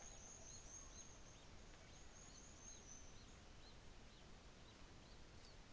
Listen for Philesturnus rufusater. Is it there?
no